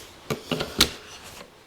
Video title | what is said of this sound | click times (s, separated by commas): Craftsman 9000 Lumens Flood Light Preview!!! | And then it just drops right into place and literally clicks right in. | 0.8 s